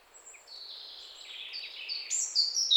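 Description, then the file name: European robin giving a short series of high, thin notes that grow louder and sharper, ending in a bright, piercing phrase. "Erithacus rubecula"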